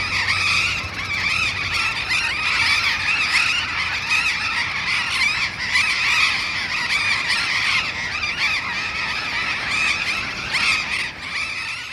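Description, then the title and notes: Continuous chorus of Burrowing parrots, loud grating screeches from many birds layered together without pause. Perched on urban overhead power lines at the corner of Humboldt and H. Yrigoyen, Barrio La Falda, Bahía Blanca. "Loros barranqueros (Cyanoliseus patagonus) en tendido eléctrico aéreo urbano. Humboldt esq. H. Yrigoyen. B° La Falda. Por Sonoteca Bahía Blanca"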